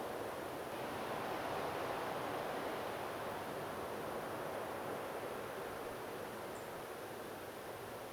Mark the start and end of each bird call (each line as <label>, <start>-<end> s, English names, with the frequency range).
Song Thrush (7.0-9.0 kHz), 6.54-6.65 s